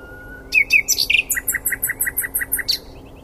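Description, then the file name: Common nightingale song phrase: a few sharp notes, then a quick rhythmic series of repeated two-part chirps. "Luscinia megarhynchos"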